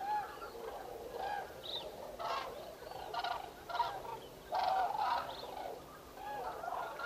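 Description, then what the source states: Common cranes trumpeting, several harsh bursts of calls standing out over a steady background of flock calling. Recorded 5 November 2018.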